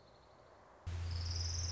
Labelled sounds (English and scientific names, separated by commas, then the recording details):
Orange-crowned Warbler (Leiothlypis celata)
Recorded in Sonoma County, California